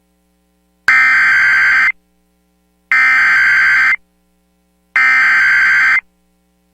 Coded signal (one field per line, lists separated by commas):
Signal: Emergency Alert System (SAME) tones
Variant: header bursts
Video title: Right Back To It | EAS Alerts from July 3rd, 2023 (EAS #2857-2864)